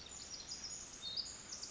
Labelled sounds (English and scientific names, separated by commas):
Pacific Wren (Troglodytes pacificus)